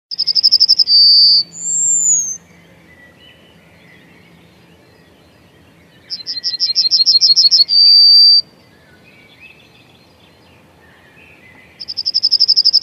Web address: Przyroda Ptaki Trznadal